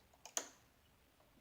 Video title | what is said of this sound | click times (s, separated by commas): Threading Sewing Machine and Securing the Bobbin | gonna hear it click as I pull it to the left did you hear that | 0.2 s, 0.4 s